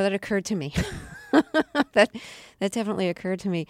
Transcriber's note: soundbite of laughter